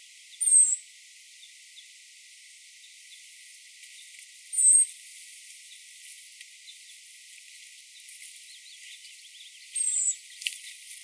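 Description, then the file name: European robin repeating a thin, high, slightly falling whistle three times over about ten seconds, with faint background hiss. "Erithacus rubecula"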